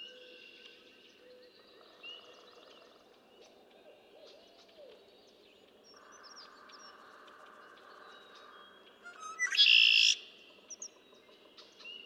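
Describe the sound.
Red-winged blackbird: one loud, harsh buzzy burst near the end, with quieter whistles and chirps throughout.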